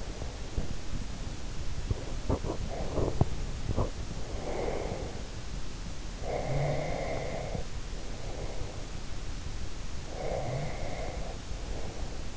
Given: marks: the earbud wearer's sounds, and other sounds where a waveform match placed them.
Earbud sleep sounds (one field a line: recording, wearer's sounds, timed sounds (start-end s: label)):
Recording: sounds in sleep by an in-ear microphone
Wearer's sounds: teeth grinding, breath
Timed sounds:
0.00-0.87 s: teeth grinding
1.81-4.07 s: teeth grinding
4.04-5.65 s: breath
6.04-8.95 s: breath
10.00-12.37 s: breath